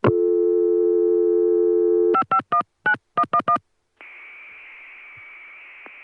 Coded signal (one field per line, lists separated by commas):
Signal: DTMF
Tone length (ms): 80 ms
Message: 5519111